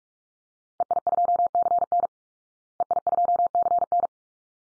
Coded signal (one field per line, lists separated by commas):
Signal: Morse code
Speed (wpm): 44 wpm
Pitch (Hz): 700 Hz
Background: none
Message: EI2CN EI2CN